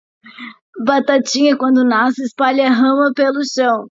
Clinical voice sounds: short text; Brazilian Portuguese; female; 30 to 39 years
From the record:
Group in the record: control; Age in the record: 35 years

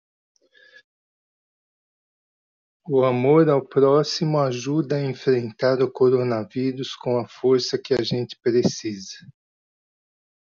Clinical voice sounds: spoken sentence; Brazilian Portuguese; male; 50 to 59 years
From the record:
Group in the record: control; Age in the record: 58 years

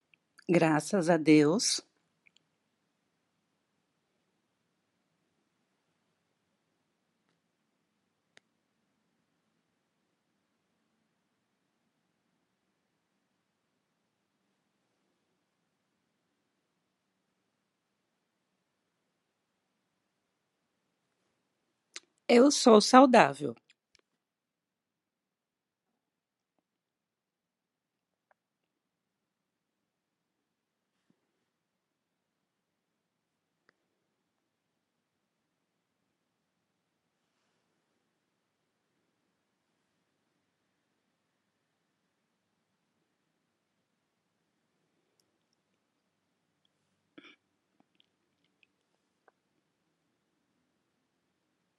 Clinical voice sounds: spoken sentence; Brazilian Portuguese; female; 60 to 69 years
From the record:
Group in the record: control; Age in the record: 62 years

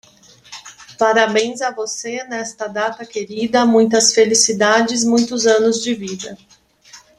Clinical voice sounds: short text; Brazilian Portuguese; female; 50 to 59 years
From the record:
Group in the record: control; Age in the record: 52 years

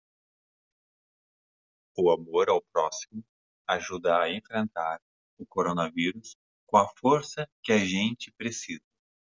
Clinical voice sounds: spoken sentence; Brazilian Portuguese; female; 50 to 59 years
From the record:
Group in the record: control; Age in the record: 50 years

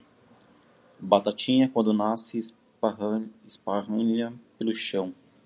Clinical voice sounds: short text; Brazilian Portuguese; male; 40 to 49 years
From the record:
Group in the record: control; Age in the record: 40 years

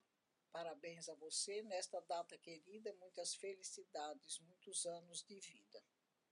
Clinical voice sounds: short text; Brazilian Portuguese; female; 70 to 79 years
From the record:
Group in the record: control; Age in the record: 74 years

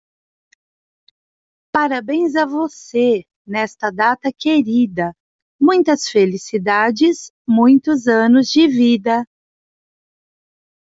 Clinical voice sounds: short text; Brazilian Portuguese; female; 40 to 49 years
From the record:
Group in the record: control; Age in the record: 49 years

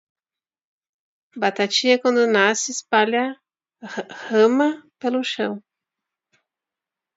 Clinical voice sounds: short text; Brazilian Portuguese; female; 50 to 59 years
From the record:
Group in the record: control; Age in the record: 54 years

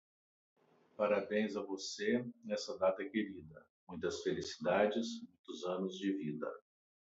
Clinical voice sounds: short text; Brazilian Portuguese; male; 60 to 69 years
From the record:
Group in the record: control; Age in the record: 60 years

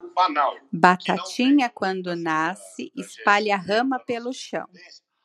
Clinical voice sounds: short text; Brazilian Portuguese; female; 40 to 49 years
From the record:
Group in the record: control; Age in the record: 46 years

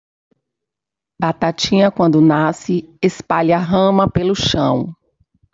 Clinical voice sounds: short text; Brazilian Portuguese; female; 50 to 59 years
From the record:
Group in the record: control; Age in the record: 57 years

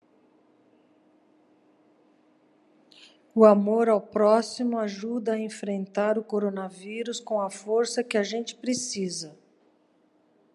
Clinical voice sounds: spoken sentence; Brazilian Portuguese; female; 50 to 59 years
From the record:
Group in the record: control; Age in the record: 58 years

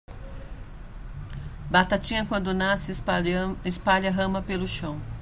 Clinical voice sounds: short text; Brazilian Portuguese; female; 40 to 49 years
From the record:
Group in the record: control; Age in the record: 48 years

